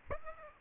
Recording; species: mosquito wingbeat signal from an infrared sensor; Aedes aegypti